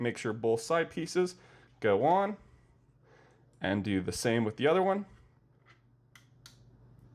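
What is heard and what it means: Someone talks, then a second SO-DIMM memory module is pressed down into its slot on a mini PC motherboard so both side clips latch. Two short, sharp clicks are heard at 6.2 s and 6.5 s as the module seats.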